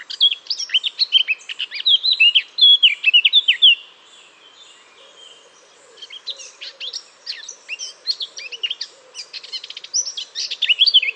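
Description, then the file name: Eurasian blackcap song: a fast scratchy warbling phrase with clear fluty notes, a pause, then another varied chattering warble. "Sylvia atricapilla"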